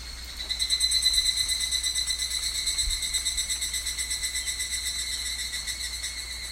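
Higurashi cicada song, a bright metallic trill beating in rapid pulses after a brief quieter start, steady throughout, with a faint low hum underneath.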